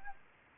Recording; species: mosquito wingbeat signal from an infrared sensor; Anopheles arabiensis